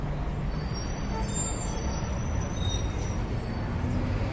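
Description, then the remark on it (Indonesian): A bus rumbles steadily with a deep, even engine drone as it comes to a halt, faint high hisses drifting above the low roar, with no voices. “Tidak berapa lama, bus berhenti.”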